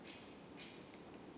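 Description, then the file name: Great tit call: two piercing high notes in quick succession, each dropping slightly before a brief steady tail. Nothing else stands out. "Parus major"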